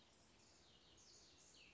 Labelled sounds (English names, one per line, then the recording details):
Cassin's Vireo
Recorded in Sonoma County, California